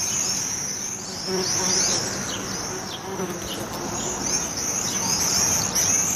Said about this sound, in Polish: To jeżyki i trzmiel tam pobzykuje też trochę.